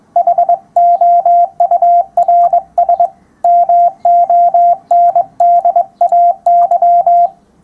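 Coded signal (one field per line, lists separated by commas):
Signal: Morse code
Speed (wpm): 22 wpm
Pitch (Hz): 700 Hz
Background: none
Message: HOURS MONDAY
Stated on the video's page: Morse code talk and demonstration at a public event.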